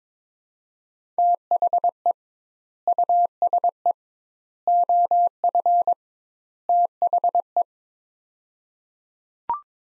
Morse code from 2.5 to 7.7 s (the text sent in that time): USE OF THE